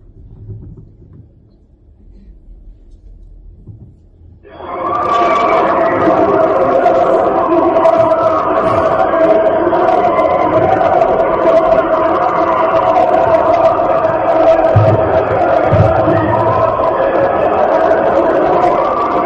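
The alleged 'sound of hell' from the Kola borehole: a low, hollow rumble that abruptly swells into a dense, unbroken roar of wailing, scream-like voices, holding loud and steady to the end.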